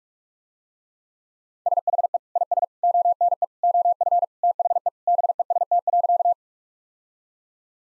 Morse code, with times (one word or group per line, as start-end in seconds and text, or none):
1.7-2.2 SHE
2.4-2.6 IS
2.8-3.4 ONE
3.6-4.2 OF
4.4-4.9 THE
5.1-6.3 BEST.